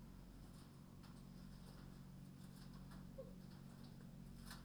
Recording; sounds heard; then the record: poultry house recording; healthy chickens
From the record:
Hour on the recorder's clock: 20